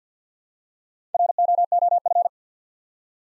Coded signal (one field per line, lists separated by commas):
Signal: Morse code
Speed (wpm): 50 wpm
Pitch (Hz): 700 Hz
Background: none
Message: ROOF